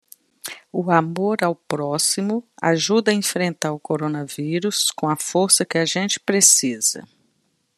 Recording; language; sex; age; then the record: spoken sentence; Brazilian Portuguese; female; 50 to 59 years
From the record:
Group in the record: control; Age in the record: 55 years